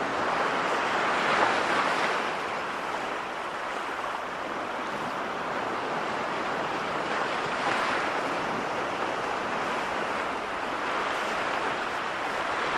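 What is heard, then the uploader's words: Sea waves roar in a dense, steady wash of surf, swelling gently around two, eight and eleven seconds, with a faint windy hiss throughout. Sea Waves Vibration of Winter.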